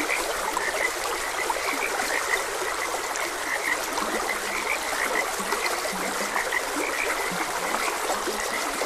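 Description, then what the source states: Frogs croak in quick repeated notes, with a few lower grunting calls, over steady running stream water. Frogs croaking beside a gentle stream.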